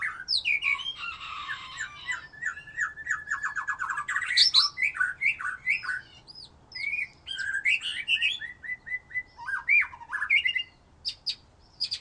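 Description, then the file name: White-rumped shama song packed with fast phrases, buzzy rattles, rising and falling whistles and sharp clicks, with brief pauses near the end. "murai batu"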